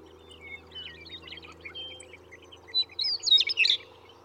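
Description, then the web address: Western meadowlark song: soft scattered chirps, then a loud burst of clear whistled notes that breaks into a rapid gurgling warble near the end. "birdsongforthecurious Western Meadowlark"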